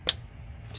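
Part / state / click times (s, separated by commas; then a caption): electrical connector onto an engine ignition coil / seated / 0.1 s. An electrical connector is flipped onto an ignition coil of a 2005 Honda Odyssey 3.5L Touring engine during a valve cover gasket replacement. A single sharp click sounds at 0.1 s over a low background hum. The connector is seated all the way.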